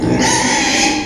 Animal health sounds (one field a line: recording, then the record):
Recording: squeal of a Yucatan mini pig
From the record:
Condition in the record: before surgery on the right vocal fold (resection and tissue-engineered implant)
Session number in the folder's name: 2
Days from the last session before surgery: 0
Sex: male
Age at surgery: 12 weeks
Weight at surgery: 13 kg